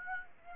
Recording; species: mosquito wingbeat signal from an infrared sensor; Aedes aegypti